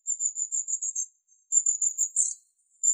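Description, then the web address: Long-tailed tit giving very high, thin trilled calls, two sustained pulsing series each about a second long, with a brief harsher note near the end of the second. "Aegithalos caudatus"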